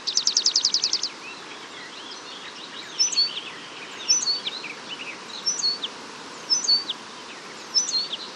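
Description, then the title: Eurasian penduline tit calls: a fast high trill opens, followed by scattered chips and several thin falling whistles at short intervals. "La Mésange rémiz (Remiz pendulinus)"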